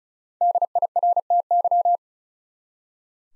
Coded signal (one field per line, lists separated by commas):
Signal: Morse code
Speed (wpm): 36 wpm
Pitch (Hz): 700 Hz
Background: none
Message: DIRTY